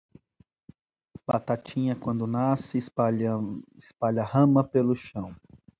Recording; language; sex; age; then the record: short text; Brazilian Portuguese; male; 30 to 39 years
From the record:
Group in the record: control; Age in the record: 35 years